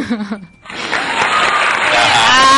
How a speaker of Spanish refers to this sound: Para aplaudirte a vos. Viene la ovación.